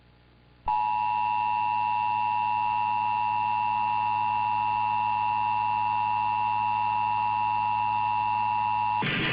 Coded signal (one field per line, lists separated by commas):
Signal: Emergency Alert System (SAME) tones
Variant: 853 and 960 Hz attention tone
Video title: [EAS #1705-1707] Central California & San Francisco Monthly Tests